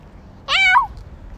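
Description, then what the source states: Domestic cat giving a single short meow, under half a second long, in a quiet setting. Domestic cat recorded at feeding time on August 6 and 8, 2023.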